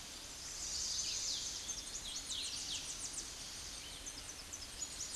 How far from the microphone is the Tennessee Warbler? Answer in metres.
about 45 m